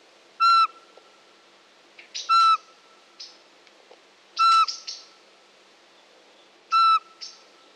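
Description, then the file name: Eurasian pygmy owl calling four short, clear, flat whistled notes about every two seconds, with soft high chirps from small birds between them. "Soweczka"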